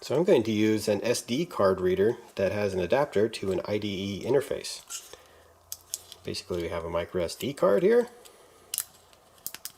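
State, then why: Seated. Someone talks while a micro SD card is pushed into the plastic and metal spring slot of an SD-to-IDE adapter card reader. It clicks into place at 8.8 s, followed by a few faint ticks, and the card is seated so the reader acts like any other hard drive.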